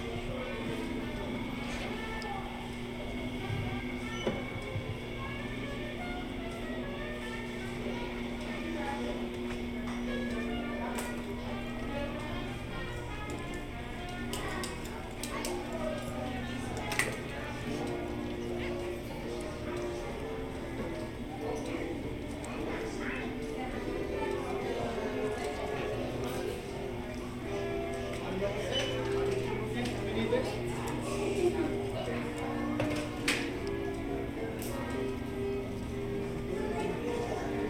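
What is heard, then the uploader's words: Hotel lobby ambience with a steady low hum, overlapping murmured voices, and scattered clicks and knocks, growing busier with chatter toward the end. Port Orleans Riverside Binaural Hotel Lobby Ambience. The lobby.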